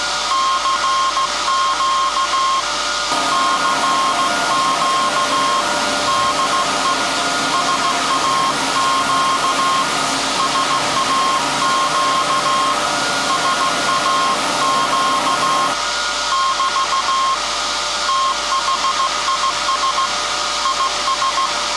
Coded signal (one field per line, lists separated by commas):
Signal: Morse code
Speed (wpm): 16 wpm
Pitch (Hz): 1070 Hz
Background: none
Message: CQ CQ DE SAQ SAQ SAQ <BT> THIS IS